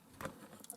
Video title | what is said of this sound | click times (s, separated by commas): REVIEW DAPOL GWR 43XX MOGUL | And then to unclip it, you just do the same. | 0.2 s, 0.7 s